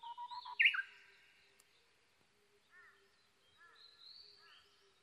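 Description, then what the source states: Japanese bush warbler giving a short whistled lead-in and a loud, rising flourish near the start, followed by quieter chirps and whistles from other birds. Recorded 22 May 2011 at 05:58.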